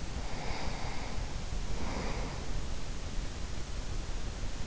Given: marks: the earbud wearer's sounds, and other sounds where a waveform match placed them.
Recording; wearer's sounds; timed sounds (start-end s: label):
sounds in sleep by an in-ear microphone; breath
0.08-3.44 s: breath